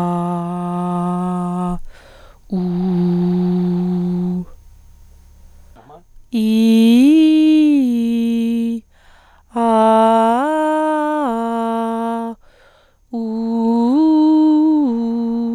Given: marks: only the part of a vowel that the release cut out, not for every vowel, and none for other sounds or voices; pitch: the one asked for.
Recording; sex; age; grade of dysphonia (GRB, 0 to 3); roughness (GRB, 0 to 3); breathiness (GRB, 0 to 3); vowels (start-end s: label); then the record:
sustained vowels; female; 30 to 39 years; 1; 0; 1
0.29-1.33 s: vowel /a/, low pitch
2.60-4.32 s: vowel /u/, low pitch
6.54-8.53 s: vowel /i/, low-high-low pitch
9.82-12.01 s: vowel /a/, low-high-low pitch
13.70-15.28 s: vowel /u/, low-high-low pitch
From the record:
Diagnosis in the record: psychogenic dysphonia, hyperfunctional dysphonia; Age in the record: 39 years